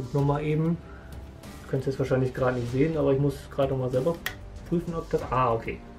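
A small detail part, a hose fitting, is being pressed into its mount on the superstructure of a metal partwork model of the battleship Bismarck while someone talks over background music. Nothing has seated or clicked yet, and the clip ends just before the part goes home.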